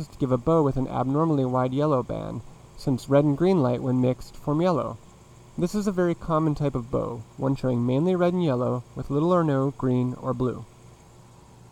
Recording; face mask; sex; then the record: reading aloud; none; male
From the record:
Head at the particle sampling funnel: facing it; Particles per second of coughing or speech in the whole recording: 2.32